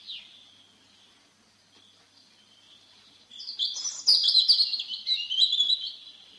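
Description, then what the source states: European Robin song opening with a single descending note, a quiet pause, then a rich high warbled phrase of quick trills and slurred notes. Sings perched atop a small spruce, sun on its rusty-red breast; song continues long into the evening as the forest quickly falls silent.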